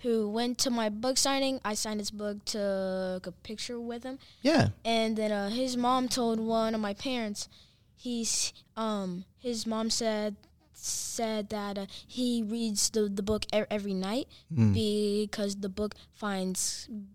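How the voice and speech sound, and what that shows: A 10-year-old boy speaks with stuttering: whole-word and part-word repetitions, fillers such as "uh" and "um", and hesitations and pauses interrupting otherwise fluent, clear speech.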